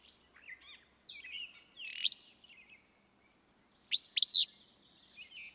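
Willow flycatcher singing two burry, explosive phrases about two seconds apart, each a sharp upslur into a rough buzz, amid softer chattering.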